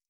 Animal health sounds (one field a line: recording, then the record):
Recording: hydrophone in a shrimp aquaculture tank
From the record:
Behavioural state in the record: stressed